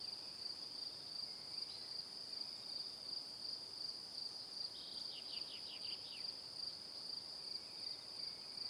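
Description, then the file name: Crickets giving a continuous high pulsing chirp, beads of sound a few per second, with a short burst of falling, sliding chirps midway. Crickets chirping in the evening. "Calm - Evening Crickets"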